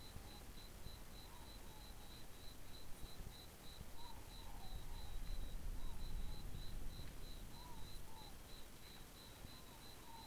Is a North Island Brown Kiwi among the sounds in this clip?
no